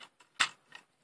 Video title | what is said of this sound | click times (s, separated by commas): Video Review Of The Transformers Generations FOC Voyager SOUNDWAVE | you'll feel it and you'll also hear a little click in there | 0.4 s